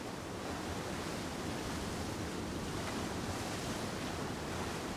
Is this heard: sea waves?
yes